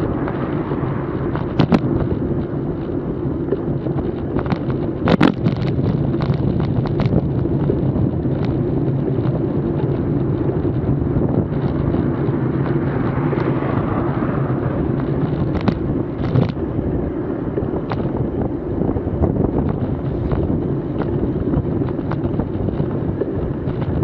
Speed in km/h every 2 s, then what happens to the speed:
27, 27, 27, 27, 27, 27, 27, 27, 27, 27, 27, 27.
0-24 steady at about 27.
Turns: none.